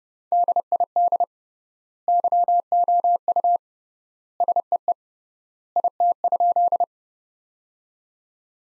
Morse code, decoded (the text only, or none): DID YOU SEE IT?